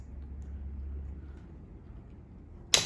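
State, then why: Torque reached. A torque wrench tightens the front action screw on a rifle while a low, steady rumble fills the quiet background. At 2.7 s the wrench gives one sharp, bright break-over click, confirming it has reached its torque setting.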